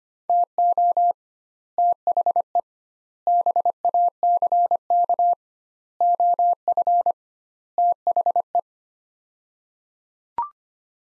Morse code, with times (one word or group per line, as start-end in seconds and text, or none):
0.3-1.1 TO
1.8-2.6 THE
3.3-5.3 BACK
6.0-7.1 OF
7.8-8.6 THE